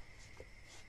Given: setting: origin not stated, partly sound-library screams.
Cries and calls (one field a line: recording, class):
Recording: one-second piece from a danger detection set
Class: normal situation